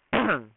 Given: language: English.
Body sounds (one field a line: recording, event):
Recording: throat vibration sensor signal played as sound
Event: cough